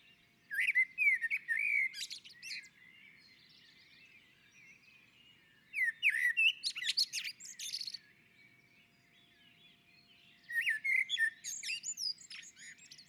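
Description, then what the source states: Common blackbird song, three rich warbled phrases roughly every five seconds. Each opens with fluty whistles and closes in scratchy high chatter. On the roof.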